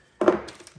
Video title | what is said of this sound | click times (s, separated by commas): Kawasaki Teryx Rear Light Bar Install | and click right in the next one's going to be my | 0.2 s